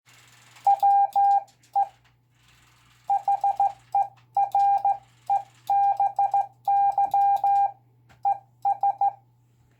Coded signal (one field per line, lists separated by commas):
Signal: Morse code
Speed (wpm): 15 wpm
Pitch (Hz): 800 Hz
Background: none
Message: WE HEREBY ES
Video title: VE Day message using morse code by a 10 year old student